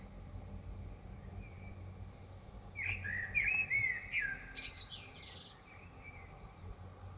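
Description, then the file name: Common blackbird song, a single fluting whistled phrase ending in higher squeaky twitters, over steady low background hum. Recorded in Dresden. "DRESDE Merle"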